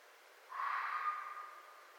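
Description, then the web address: Red fox giving one hoarse, breathy call that rings on and slowly dies away. Recorded 4 May 2011. "Red Fox 2011 05 04 Red Fox"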